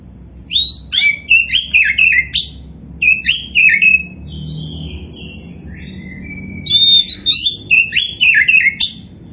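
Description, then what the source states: Oriental magpie-robin song in three bursts of varied, rapid whistled notes with short quieter whistles between them, over a faint low hum. A 'kacer poci' type magpie-robin described as 'gacor', the bird-keepers' term for a bird in full, continuous song.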